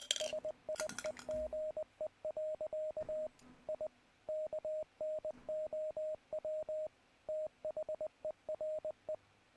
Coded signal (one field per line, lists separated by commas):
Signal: Morse code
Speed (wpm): 19 wpm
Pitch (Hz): 620 Hz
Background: radio noise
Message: SIEGE. I KNOW THERE